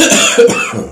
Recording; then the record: coughing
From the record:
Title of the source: Spring Cold Coughing.